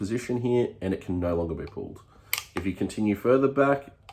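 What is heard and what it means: Someone talks while handling the metal hammer of a lever-action rifle, working it back past the half-cock safety notch toward full cock. Only speech and a faint handling sound near the very end are heard. The hammer has not yet clicked or latched at full cock when the clip ends.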